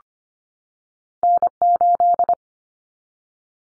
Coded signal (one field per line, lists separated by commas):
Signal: Morse code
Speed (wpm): 25 wpm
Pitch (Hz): 700 Hz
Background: none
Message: N8